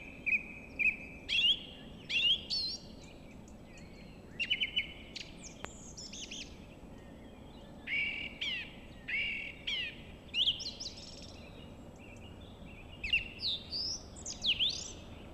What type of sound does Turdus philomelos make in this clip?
song